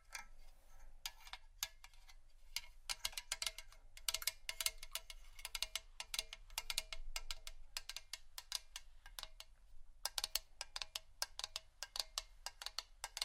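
Dry hands tap and scratch at vinyl and metal, making a dense run of sharp, bright clicks and crinkles with little low sound. The taps come irregularly, sometimes in quick clusters, with a brief quieter gap just before ten seconds and a faint low hum underneath.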